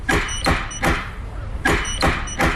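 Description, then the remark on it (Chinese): Two sets of three firm knocks on a wooden door, evenly spaced, with a short pause between the groups, imitating a 1918 knock on the door of teacher Yang Changji's home in Beijing. Each rap is sharp and solid, and no one speaks. “这年8月呢，一位风尘仆仆的年轻人从湖南来到北京，迈上台阶，叩响了老师家的门。当时的敲门声大概就是这样的。”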